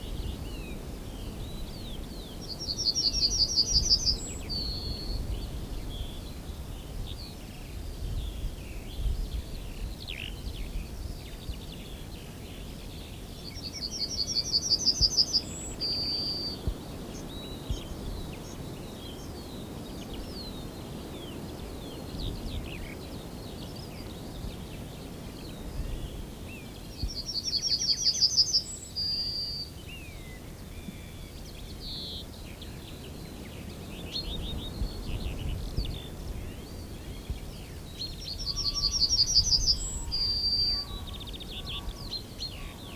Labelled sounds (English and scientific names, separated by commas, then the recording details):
Yellowhammer (Emberiza citrinella) song
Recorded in the wild
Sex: male
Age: adult
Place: Lüdersdorf, Barnim, Brandenburg, DE
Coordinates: 52.9164, 14.0703
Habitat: Straßenallee
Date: 2006-04-14
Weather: bedeckt, mäßiger Wind aus West, 5°C
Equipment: Marantz PMD 671, Sennheiser MKH 70, Popschutz
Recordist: Frommolt, Karl-Heinz